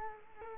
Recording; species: mosquito wingbeat signal from an infrared sensor; Culex quinquefasciatus